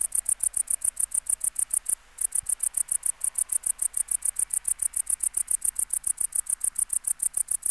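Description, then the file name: Tettigonia hispanica bush-cricket song of rapid, regular hissing pulses, briefly pausing early on and then resuming at the same steady pace. "Tettigonia hispanica"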